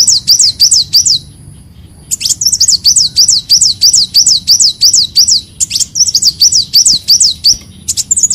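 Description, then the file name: Leafbird singing loud, fast runs of high, bouncing whistled notes in long chattering phrases, pausing once briefly before continuing. "Tieng chim xanh tim"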